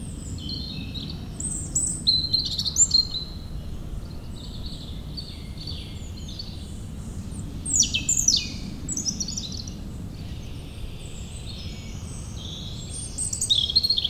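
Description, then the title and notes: European robin sings varied, high, tinkling phrases with quick trills, spaced by short gaps, over persistent low droning noise. Singing in the huge Meerdaalbos forest, Oud-Heverlee, Belgium, with planes taking off. "3051 Oud-Heverlee, Belgium - Meerdaalbos. Into the huge forest called Meerdaalbos, the European Robin singing, and planes takeoffs"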